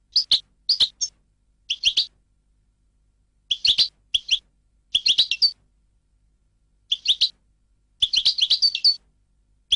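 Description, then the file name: European goldfinch calls and song fragments: short bursts of bright, tinkling twitters, scattered irregularly with gaps between them. "audio burung goldfinch"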